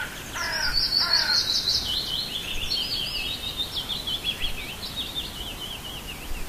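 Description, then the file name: Birds singing: two short harsh notes open, then a long, high, fluttering warble that wavers up and down without pause. "Nature Sounds - Little Birds"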